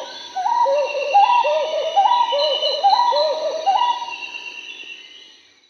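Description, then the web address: Marbled Wood-Quail song: several mellow hooting phrases repeated in quick succession, fading out at the end. Recorded in South America. "Natures Songs S America Marbled Wood-Quail"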